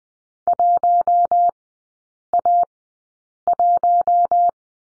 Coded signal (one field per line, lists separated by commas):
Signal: Morse code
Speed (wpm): 20 wpm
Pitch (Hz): 700 Hz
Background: none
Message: 1A1